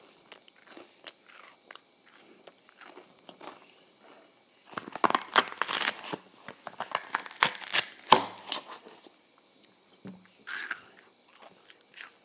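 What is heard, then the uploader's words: Someone eats ice cream and waffles with quick, crisp crunching bites and wet chewing. Softer, sparse nibbles fill the first four seconds, then dense, louder crunches run from about five to nine seconds, easing off before a final bright burst near ten seconds. Eating Ice Cream and Waffles.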